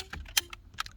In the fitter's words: you should hear two clicks once you hear that that's all said and done